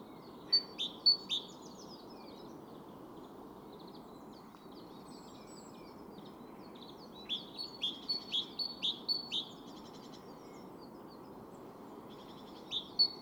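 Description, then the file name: Great tit calls: sharp, high, ringing notes in short runs, a brief group of about four early, a longer run of several notes midway, then a couple more at the end. "Parus major"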